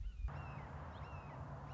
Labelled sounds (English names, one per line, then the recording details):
Red-shouldered Hawk
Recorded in Sonoma County, California